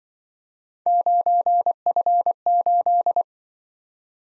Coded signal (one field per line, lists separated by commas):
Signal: Morse code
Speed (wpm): 25 wpm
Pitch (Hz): 700 Hz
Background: none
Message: 9F8